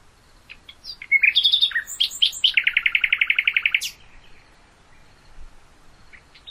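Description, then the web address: Common nightingale song opening with scattered whistles and chirps, then a fast rhythmic series of loud repeated notes that stops abruptly, followed by near silence. "hoeren nachtigall"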